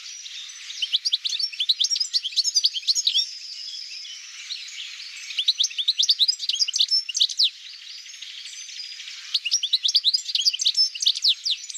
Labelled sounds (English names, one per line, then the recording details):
European Goldfinch song
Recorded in the wild
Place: Berezinsky, BY
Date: 2005-05-17
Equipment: Minidisc Sony MZ-R35, Telinga DAT, Telinga-Parabolspiegel
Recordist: Schwarz, Dieter
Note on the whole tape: Song